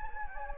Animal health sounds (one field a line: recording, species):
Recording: mosquito wingbeat signal from an infrared sensor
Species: Anopheles gambiae